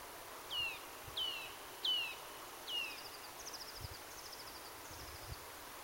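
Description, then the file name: Eurasian nuthatch calls: four sharp falling high notes, followed by a faint buzzy higher series, over background hiss. "Sitta europaea"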